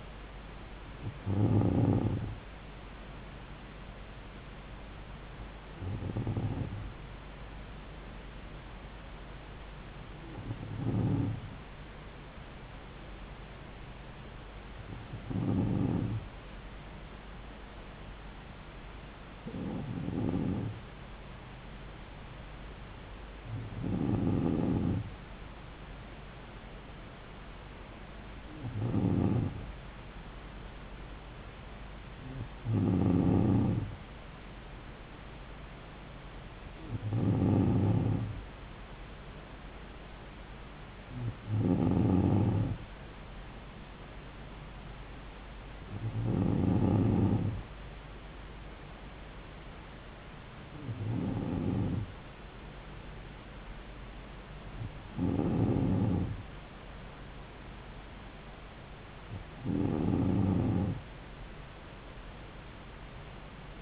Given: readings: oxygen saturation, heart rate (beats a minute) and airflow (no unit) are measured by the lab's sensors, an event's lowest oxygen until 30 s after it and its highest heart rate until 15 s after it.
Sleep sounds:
breathing in sleep by a voice recorder at the bedside; none
none scored
From the record:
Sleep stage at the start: N2 (light sleep); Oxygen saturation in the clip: 94 to 95%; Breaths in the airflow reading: 14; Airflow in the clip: -3.6 to 3.4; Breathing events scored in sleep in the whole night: 270 in 6.1 hours asleep

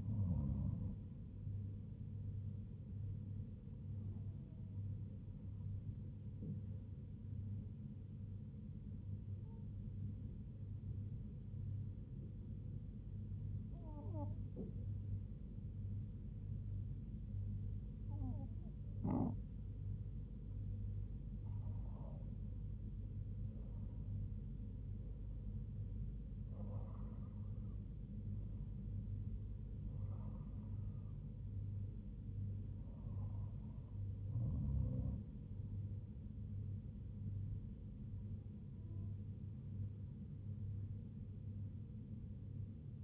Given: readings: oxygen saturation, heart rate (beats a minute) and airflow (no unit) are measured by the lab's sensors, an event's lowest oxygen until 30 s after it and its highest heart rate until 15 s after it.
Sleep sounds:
breathing in sleep by a smartphone at the bedside; 1
8.00-23.80 s: hypopnea (N1, oxygen 98% highest, then 96% lowest, heart rate 76 at the start, 83 highest)
From the record:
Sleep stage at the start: N1 (lightest sleep); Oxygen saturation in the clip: 96 to 98%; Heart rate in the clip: 71 to 83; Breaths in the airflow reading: 9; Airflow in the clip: -4.5 to 4.6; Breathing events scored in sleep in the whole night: 158 in 7.3 hours asleep

